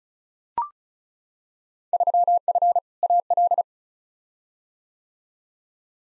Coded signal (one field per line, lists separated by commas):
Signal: Morse code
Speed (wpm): 34 wpm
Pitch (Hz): 700 Hz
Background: none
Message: 3F AL